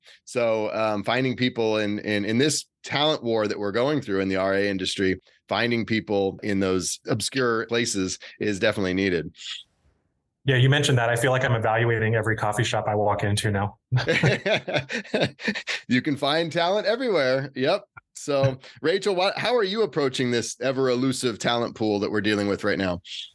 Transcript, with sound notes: Finding people, in this talent war that we're going through in the RIA industry, finding people in those obscure places is definitely needed.
Yes, you mentioned that. I feel like I'm evaluating every coffee shop I walk into now.
[laughs] You can find talent everywhere. Yes. Rachel, how are you approaching this ever-elusive talent pool that we're dealing with right now?